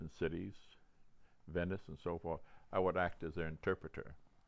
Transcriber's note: none